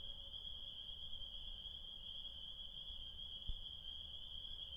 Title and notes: Spring Peepers!. these tiny frogs sing their desire on a spring night